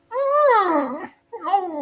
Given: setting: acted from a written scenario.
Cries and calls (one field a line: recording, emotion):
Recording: vocal sound without words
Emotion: distress